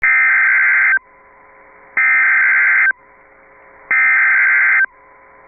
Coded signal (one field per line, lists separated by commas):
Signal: Emergency Alert System (SAME) tones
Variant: header bursts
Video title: Tornado Warning (Brazoria and Galveston Counties, TX) (12/28/24) [EAS #94]